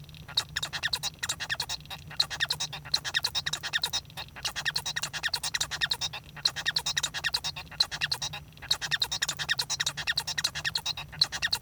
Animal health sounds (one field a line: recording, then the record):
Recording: song of a male Bengalese finch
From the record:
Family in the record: son of father 1